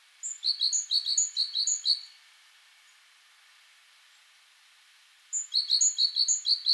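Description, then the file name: Eurasian blue tit calling with a fast series of thin, high notes, then a long silence, then another series. "Cyanistes caeruleus"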